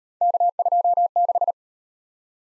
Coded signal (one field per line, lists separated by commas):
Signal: Morse code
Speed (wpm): 38 wpm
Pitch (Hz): 700 Hz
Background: none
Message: K26